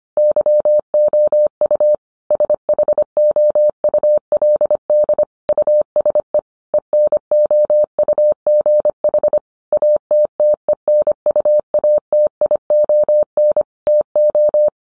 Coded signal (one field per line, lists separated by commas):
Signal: Morse code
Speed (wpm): 25 wpm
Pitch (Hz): 600 Hz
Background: none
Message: YOU SHOULD USE ENOUGH ATTENUATION TO